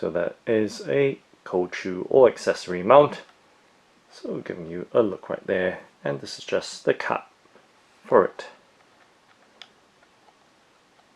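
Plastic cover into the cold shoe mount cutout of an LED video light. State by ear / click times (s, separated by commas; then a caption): not seated / none. Someone talks while handling the small plastic cover of the cold shoe (accessory mount) on an Andoer W140 RGB LED video light, bringing it toward its cutout. After the talking stops, only a few faint handling ticks follow. Nothing has seated or clicked yet.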